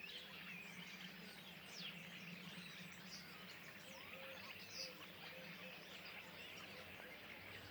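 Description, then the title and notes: Common starlings in a noisy group, constant overlapping chirps, squeals and whistles, a low background hum steady throughout. Flock perched in trees beside the Louroux pond, Le Louroux, Loches, Indre-et-Loire, Centre-Val de Loire, France; recorded with Sennheiser MKH8020 ORTF stereo pair, Rycote, Sound Devices MixPre6 II. "Le Louroux, Loches, Indre-et-Loire, Centre-Val de Loire, France métropolitaine, 37240, France - étourneaux sansonnet dans les arbres. Nuée d'étourneaux posés dans un arbre aux abords de l'étang du louroux"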